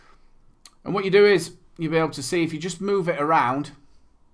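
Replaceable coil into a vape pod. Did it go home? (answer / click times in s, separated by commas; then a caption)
no / none. A primed replaceable coil is handled and moved around at the bottom of a plastic Lost Vape UB Lite vape pod while someone talks, with one brief faint tick around 0.7 s. The coil has not yet been pushed in, so nothing has seated or clicked yet.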